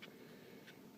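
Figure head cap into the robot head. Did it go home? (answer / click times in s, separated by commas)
no / none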